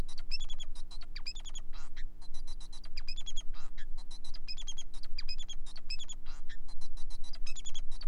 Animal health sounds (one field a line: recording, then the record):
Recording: song of a male Bengalese finch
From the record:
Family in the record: son of father 4